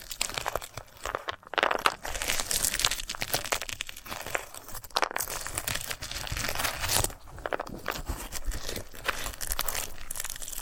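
A dried sunflower head is handled in a dense stream of dry crackling, crinkling and crunching that runs the whole time without pause. Brief quieter gaps fall around two and five seconds and again near seven, between busier stretches of sharp, bright snaps.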